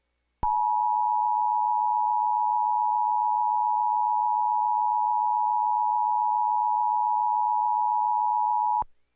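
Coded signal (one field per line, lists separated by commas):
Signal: Emergency Alert System (SAME) tones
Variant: 853 and 960 Hz attention tone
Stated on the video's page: Fictional EAS scenario.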